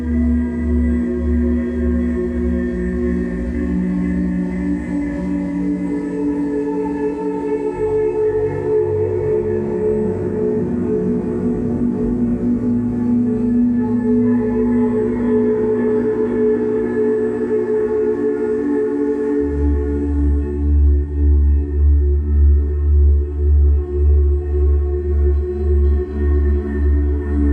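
An atmospheric ambient drone of sustained guitar tones holds a deep, steady low hum with layered ringing overtones above. Around 8 seconds the low layer thins and mid tones swell; near 20 seconds the bass returns stronger with a slow, regular pulsing beat.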